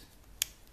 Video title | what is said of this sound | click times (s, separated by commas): Test Protection Switch Easy Capsule Rebel X | une fois que ça c'est fait vous rajoutez en fait en plus la partie blanche qui se clipse en fait voilà | 0.4 s